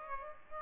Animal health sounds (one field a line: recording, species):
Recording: mosquito wingbeat signal from an infrared sensor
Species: Aedes aegypti